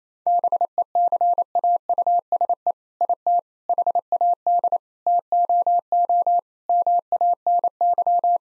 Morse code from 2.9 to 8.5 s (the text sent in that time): IT HAD TOO MANY